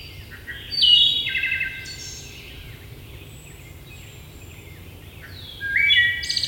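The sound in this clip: Wood thrush song: a loud phrase of clear notes, a quieter stretch, then another phrase begins.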